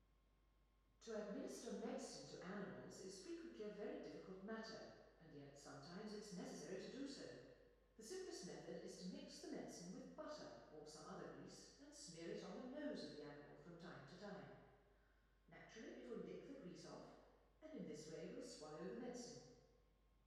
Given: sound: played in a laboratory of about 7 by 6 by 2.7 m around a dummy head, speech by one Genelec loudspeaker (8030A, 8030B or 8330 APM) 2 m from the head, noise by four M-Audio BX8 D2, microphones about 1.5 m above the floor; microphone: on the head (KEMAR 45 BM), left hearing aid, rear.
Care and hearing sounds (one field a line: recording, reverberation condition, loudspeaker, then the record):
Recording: female speech in English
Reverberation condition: high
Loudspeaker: 60 degrees to the right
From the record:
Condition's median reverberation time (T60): about 1300 ms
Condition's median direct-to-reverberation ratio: about -4.0 dB